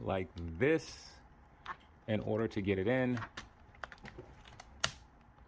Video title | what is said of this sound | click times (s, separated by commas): Marvel legends Haslab Galactus | All right, then you hear that snapping sound, and I'm gonna repeat the same process on the other side. | 4.8 s